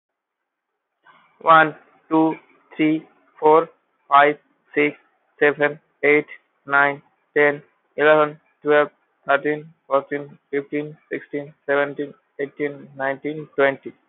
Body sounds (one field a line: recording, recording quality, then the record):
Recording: counting at a normal pace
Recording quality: moderate, slight background noise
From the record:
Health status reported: healthy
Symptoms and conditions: none ticked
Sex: male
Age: 20 years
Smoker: not ticked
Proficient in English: yes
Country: India